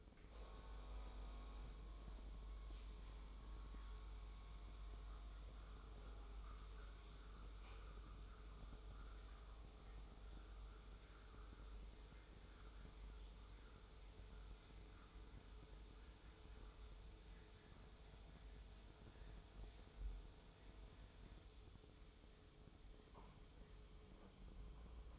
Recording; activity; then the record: daily activity, microphone in the room; make coffee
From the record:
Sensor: 1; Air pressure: 995.1 hPa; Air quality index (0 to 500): 35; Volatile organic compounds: 1 ppm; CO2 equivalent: 627 ppm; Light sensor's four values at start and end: 14/48/17/18 and 14/48/17/18